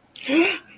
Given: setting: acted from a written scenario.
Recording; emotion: vocal sound without words; fear